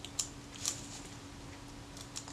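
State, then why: Not seated. The film advance lever on an opened Kodak Retina IIIC folding camera is cranked, giving a few faint, sharp mechanical ticks, the clearest near 0.7 s, over a steady low hum. The metal release arm has not latched down onto the cam, even when pressed down far enough, so the film advance release lock fails to latch, pointing to the return spring on the release shaft.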